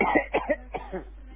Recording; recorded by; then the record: voluntary cough; telephone call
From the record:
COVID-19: positive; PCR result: self-reported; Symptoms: yes